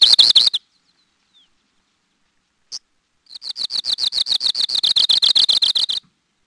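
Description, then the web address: Arctic Warbler song: a short dry trill, a lone sharp call note, then a long, even, fast run of buzzy notes repeated several times a second. "Peterson North American Birds"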